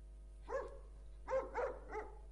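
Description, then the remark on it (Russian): A dog barks four times: one bark, a short pause, then three quick barks in a row, each a harmonic, mid-pitched woof over a steady low hum. “Да ты уже ёбнулась, это твоя собака.”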